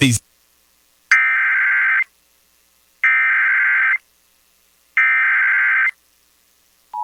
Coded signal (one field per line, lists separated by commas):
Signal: Emergency Alert System (SAME) tones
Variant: header bursts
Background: speech